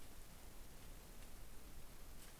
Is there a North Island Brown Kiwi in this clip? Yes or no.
no